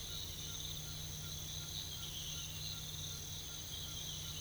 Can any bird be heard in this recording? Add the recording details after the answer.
no. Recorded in pastures near Puerto Asís, Putumayo, Colombia, on 21 December 2024 at 05:30. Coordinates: 0.486, -76.323. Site GP01